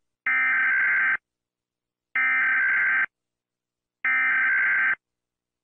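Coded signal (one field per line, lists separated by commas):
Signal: Emergency Alert System (SAME) tones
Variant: header bursts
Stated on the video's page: Sound effect of US EAS alarm, not a real broadcast.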